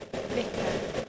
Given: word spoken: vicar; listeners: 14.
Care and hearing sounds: one English word in noise, from a listening test; noise modulated by three-talker babble; -5.9 dB; 4 of 14; 7 of 14; 0.69 s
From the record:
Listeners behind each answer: 7, 4, 1, 1, 1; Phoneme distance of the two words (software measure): 10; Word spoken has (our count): 2 syllables, 4 phonemes, stress on syllable 1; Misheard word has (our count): 2 syllables, 4 phonemes, stress on syllable 1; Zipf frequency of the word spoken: 3.89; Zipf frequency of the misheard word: 2.76

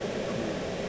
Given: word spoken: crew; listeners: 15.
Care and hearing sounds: one English word in noise, from a listening test; speech-shaped noise; -6.4 dB; 0 of 15; 6 of 15; 0.49 s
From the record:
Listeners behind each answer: 6, 2, 2, 1, 1, 1, 1, 1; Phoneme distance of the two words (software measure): 14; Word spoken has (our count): 1 syllable, 3 phonemes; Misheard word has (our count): 1 syllable, 3 phonemes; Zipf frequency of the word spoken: 4.72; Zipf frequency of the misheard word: 5.07

